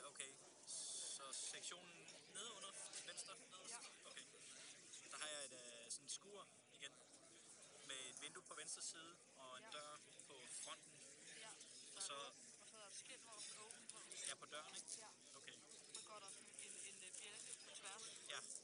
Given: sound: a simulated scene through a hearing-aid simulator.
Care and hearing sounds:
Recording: conversation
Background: cafeteria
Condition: 0 dB SNR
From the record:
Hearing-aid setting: III (slow-acting compression, loudness normalization, advanced features for about 2.5 dB of SNR improvement)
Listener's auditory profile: C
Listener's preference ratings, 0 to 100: 45, 56, 57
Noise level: 65 dB SPL

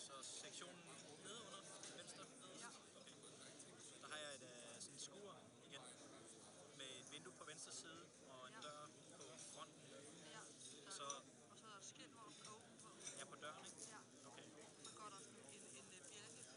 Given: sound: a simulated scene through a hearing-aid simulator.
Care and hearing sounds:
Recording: conversation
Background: cafeteria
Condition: 0 dB SNR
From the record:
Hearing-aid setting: IV (slow-acting compression, loudness normalization)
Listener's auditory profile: D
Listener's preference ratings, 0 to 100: 73, 76, 85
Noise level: 65 dB SPL

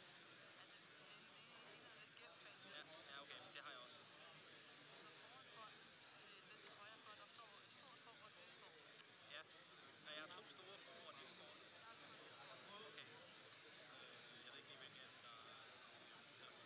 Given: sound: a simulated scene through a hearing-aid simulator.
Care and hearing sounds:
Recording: conversation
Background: cafeteria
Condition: -4 dB SNR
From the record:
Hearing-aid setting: I (fast-acting compression, audibility-based gain)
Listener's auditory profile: A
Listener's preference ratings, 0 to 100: 17, 16, 16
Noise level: 65 dB SPL

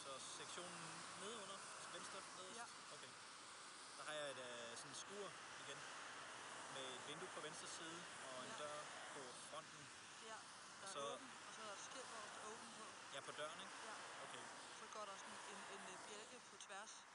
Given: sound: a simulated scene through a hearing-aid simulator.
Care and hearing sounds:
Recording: conversation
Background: traffic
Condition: 0 dB SNR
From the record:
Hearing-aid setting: I (fast-acting compression, audibility-based gain)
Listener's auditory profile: A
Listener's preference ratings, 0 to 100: 49, 30, 33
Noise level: 75 dB SPL

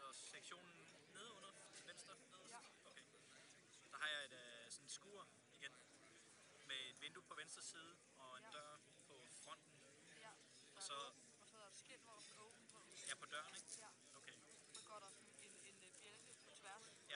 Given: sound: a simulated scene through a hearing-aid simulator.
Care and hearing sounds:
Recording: conversation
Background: cafeteria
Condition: 0 dB SNR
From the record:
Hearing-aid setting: standard clinical setting (NAL)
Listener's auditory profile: D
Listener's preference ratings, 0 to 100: 61, 33, 11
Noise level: 65 dB SPL

